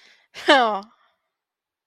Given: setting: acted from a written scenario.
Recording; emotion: vocal sound without words; pride